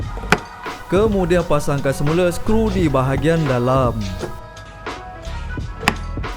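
A plastic door trim panel on a Proton Waja is pressed firmly into the car door during reassembly after a power window replacement, and its clip clicks in with a single sharp, loud snap at 0.3 s, seating the panel. Someone then talks over background music, and another brief sharp hit sounds at 5.9 s.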